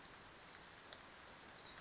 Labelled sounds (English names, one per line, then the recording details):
Western Flycatcher
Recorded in Sonoma County, California